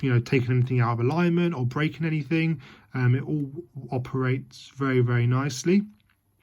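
A man talks while handling the hinged engine cover of an LCD Models 1/18 scale diecast Pagani Zonda HP Barchetta, which holds its own weight on its hinges as it is moved. Nothing has seated or clicked into place yet; the speech ends around 6 seconds, followed by brief quiet.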